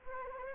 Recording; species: mosquito wingbeat signal from an infrared sensor; Anopheles arabiensis